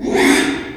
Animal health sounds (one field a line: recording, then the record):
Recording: squeal of a Yucatan mini pig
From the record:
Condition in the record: after surgery on the right vocal fold (resection and tissue-engineered implant)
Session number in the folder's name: 3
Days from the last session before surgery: 33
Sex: male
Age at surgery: 12 weeks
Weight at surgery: 13 kg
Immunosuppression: cyclosporine, prednisolone